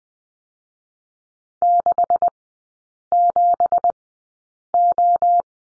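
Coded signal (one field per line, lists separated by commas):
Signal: Morse code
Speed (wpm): 19 wpm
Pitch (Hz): 700 Hz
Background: none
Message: 67O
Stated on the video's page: Morse course lesson on the number 7, three characters, Farnsworth speed 20/10 wpm.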